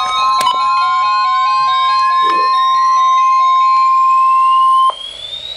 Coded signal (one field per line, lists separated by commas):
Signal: Emergency Alert System (SAME) tones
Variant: 1050 Hz attention tone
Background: music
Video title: Special Marine Warning (EAS #1,185)